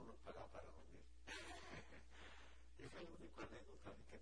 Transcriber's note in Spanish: risas